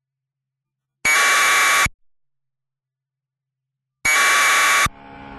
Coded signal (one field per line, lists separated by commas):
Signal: packet radio (AX.25, as in APRS)